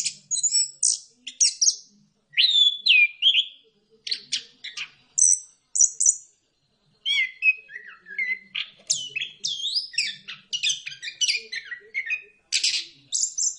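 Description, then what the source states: Bird song, a busy stream of varied chirps, sharp high notes and twittering phrases with brief pauses throughout. Chirping birdsong intended for training and tutoring favourite pet birds.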